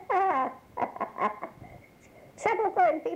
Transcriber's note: laughs